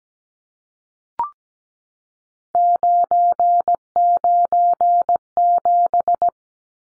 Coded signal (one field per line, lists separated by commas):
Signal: Morse code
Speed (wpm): 17 wpm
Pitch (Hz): 700 Hz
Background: none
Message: 997